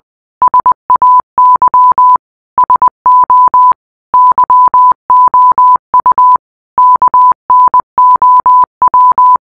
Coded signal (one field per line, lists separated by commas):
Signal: Morse code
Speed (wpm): 20 wpm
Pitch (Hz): 1000 Hz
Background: none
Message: SAY SO YOU KNOW